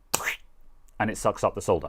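A handheld solder sucker's spring-loaded piston latch is released by a button press, firing with a loud snap at 0.2 s as the spring drives the piston back up. Afterward someone talks.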